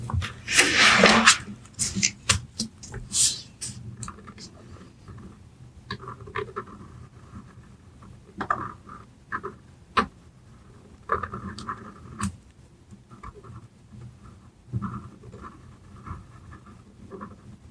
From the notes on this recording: lots of pencil sounds, paper crinkling, and soft whispers